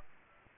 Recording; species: mosquito wingbeat signal from an infrared sensor; Aedes aegypti